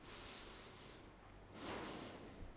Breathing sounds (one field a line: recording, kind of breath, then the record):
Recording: one breath in and out by a microphone near the nose and mouth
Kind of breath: deep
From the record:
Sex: male